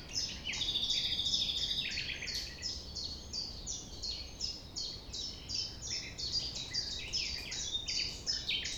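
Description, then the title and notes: Common nightingale delivering a long chain of high downslurred notes, about two or three per second, beginning with a buzzy trill, with faint steady background rumble. Recorded at 6 A.M. at sunrise near the Thève river, Champ de Ménage; the nightingale sings without waiting for silence. "6 A.M. Lever du soleil non loin de la Thève au Champ de Ménage. Le rossignol n'attend pas le silence."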